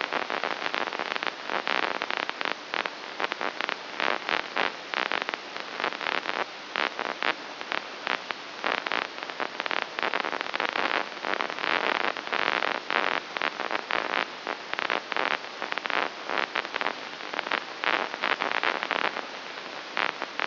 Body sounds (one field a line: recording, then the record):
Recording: brain microelectrode recording played as sound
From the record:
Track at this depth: inside the subthalamic nucleus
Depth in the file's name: 3.602 mm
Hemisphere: right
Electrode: 2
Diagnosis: Parkinson's disease